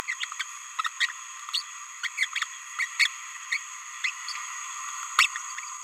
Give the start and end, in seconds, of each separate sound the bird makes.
0.40-0.42, 1.53-1.62, 2.03-2.09, 2.17-2.28, 2.79-2.87, 2.99-3.09, 3.51-3.58, 4.04-4.10, 5.19-5.26